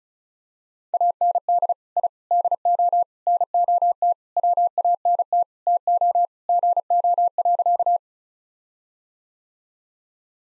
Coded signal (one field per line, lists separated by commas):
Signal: Morse code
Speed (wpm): 34 wpm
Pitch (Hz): 700 Hz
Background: none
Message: AND I DO NOT WANT TO GO.